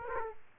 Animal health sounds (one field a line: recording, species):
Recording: mosquito wingbeat signal from an infrared sensor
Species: Aedes aegypti